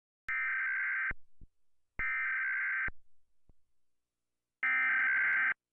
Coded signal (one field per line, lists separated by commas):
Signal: Emergency Alert System (SAME) tones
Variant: header bursts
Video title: E.A.S EMERGENCY ALERT SYSTEM and Piracy they DirecTV Remake